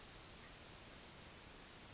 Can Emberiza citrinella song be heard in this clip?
no